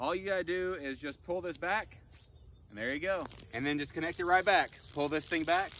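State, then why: Not seated. Someone talks while pulling back the sleeve of a metal quick-link hose coupling with a ball-bearing sleeve to connect it back onto a spigot fitting. Only the voice and a faint steady high hiss are heard, with no distinct click. The clip ends before the coupling goes home, so nothing has seated or clicked yet.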